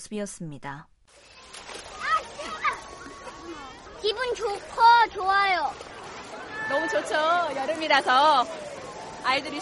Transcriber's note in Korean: 녹취: 가족 이용객 물놀이 현장음